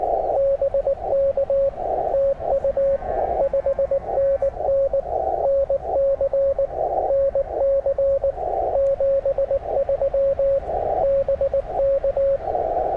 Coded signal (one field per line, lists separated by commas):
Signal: Morse code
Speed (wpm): 20 wpm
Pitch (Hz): 550 Hz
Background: radio noise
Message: BK TU 5NN NC NC 73 BK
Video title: CW POTA with my new N0SA M7! | #cw #morsecode #parksontheair